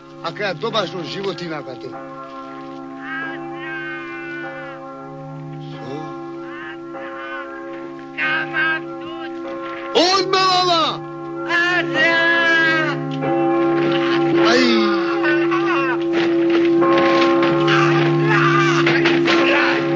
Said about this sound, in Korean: 타르카니가 움직일 때마다 온 집시 마을에 종소리만 요란하게 울려 퍼집니다.